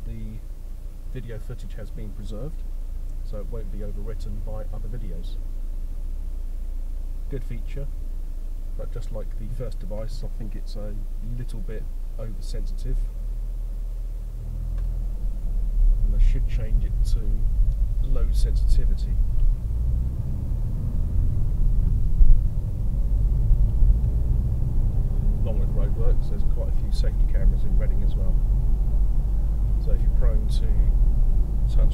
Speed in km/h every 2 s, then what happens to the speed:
0, 0, 0, 0, 0, 0, 0, 11, 15, 19, 19, 34, 44, 45, 45, 45.
0-13 standing. 13-24 pulls away to 44. 24-32 steady at about 45.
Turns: 17-21.